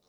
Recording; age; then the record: pig call; piglet (1 to 25 days)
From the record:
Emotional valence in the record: positive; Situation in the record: short reunion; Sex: female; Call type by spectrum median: high-frequency call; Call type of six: low-frequency tonal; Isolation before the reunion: 3 minutes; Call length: 0.09 s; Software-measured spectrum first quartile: 513 Hz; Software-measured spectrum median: 2501 Hz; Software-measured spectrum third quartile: 6266 Hz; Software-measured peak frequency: 442 Hz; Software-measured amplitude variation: 32 dB a second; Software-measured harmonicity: 1.6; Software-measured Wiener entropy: -1.58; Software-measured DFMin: 826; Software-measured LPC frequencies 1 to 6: 564, 1143, 2364, 3961, 5510, 6680 Hz